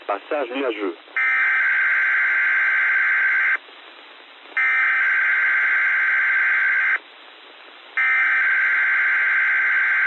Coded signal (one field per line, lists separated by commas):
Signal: Emergency Alert System (SAME) tones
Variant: header bursts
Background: speech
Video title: weatheradio canada saskatoon required weekly test for march 8 2023